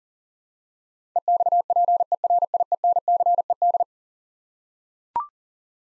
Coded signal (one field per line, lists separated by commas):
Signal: Morse code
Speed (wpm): 40 wpm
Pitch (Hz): 700 Hz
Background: none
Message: EXPERIENCED